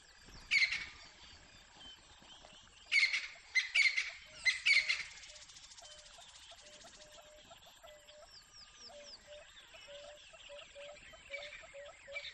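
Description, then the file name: Crested francolin calls: a few loud harsh rasping bursts in the first five seconds, then quieter chirps over a steady rhythmic ticking. "audio hero Bird Crested Francolin"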